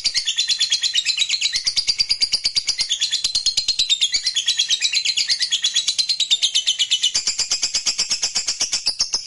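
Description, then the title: Lovebird singing a nonstop, high, scratchy chatter of quick pulsed notes, evenly paced throughout. Lovebird reluctant to sing, prompted into spontaneous spirited song. "LOVEBIRD Malas Bunyi JADI GREGET SPONTAN Langsung NARIK"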